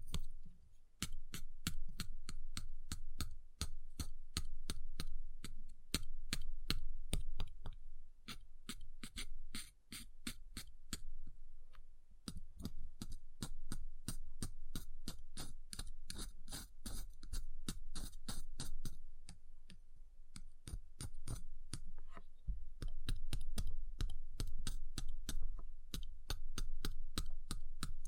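Ice is tapped in a quick, fairly regular series of sharp clicks running through the whole recording, several per second with brief pauses around 8 and 20 seconds. A steady low hum sits underneath, swelling slightly at times.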